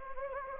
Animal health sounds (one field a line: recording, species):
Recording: mosquito wingbeat signal from an infrared sensor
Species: Anopheles gambiae